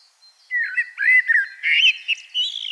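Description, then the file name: Common blackbird song: a short, flowing phrase of liquid, whistled notes that rise slightly toward the end. "Turdus merula"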